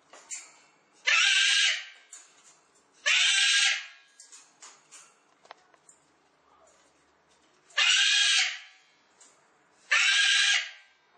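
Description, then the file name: Cockatoo calls: four raspy, drawn-out screeches at uneven intervals, with faint clicks and small scratchy noises in the gaps. "cacatua"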